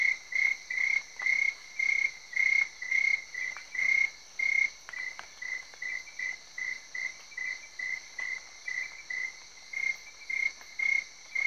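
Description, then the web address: Cricket chirping in steady high-pitched pulses about twice a second. Crickets recorded in Cameroon, Africa. "BBC Sound Effects Library - Africa - Natural World Cameroun, Crickets, Tree Frogs"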